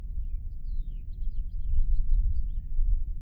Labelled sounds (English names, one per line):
House Finch song